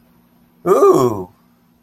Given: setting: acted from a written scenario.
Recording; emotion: vocal sound without words; elation